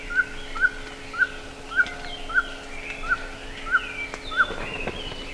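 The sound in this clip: Bird calls: short, bright chirps repeated steadily about every half second, with faint warbling from other birds and a low hum.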